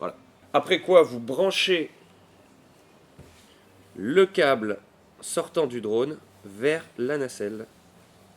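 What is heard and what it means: A man talks from 0.5 to 1.9 s and again from 4.0 to 7.6 s, with quiet room noise between. Only a soft, low knock near 3.2 s stands out, so the connector is still being handled and has not clicked home.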